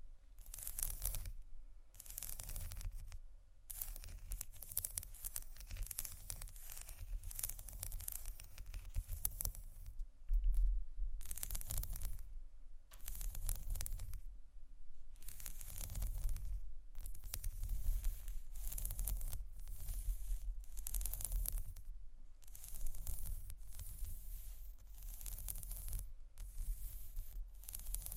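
Scratching on glass and bamboo comes in rough, hissing strokes, each lasting about a second, with short gaps between them that keep a fairly steady rhythm. A low rumble and a faint steady hum continue underneath throughout.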